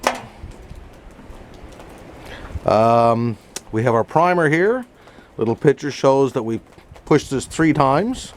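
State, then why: Seated. A plastic ignition key is pushed into its slot on a snowblower engine and snaps into place with a short, sharp click at 0.1 s. A quiet stretch follows, then someone talks.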